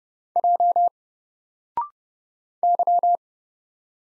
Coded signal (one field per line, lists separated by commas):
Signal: Morse code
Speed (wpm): 30 wpm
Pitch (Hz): 700 Hz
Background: none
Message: J Y